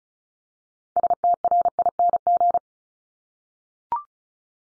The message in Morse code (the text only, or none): STRING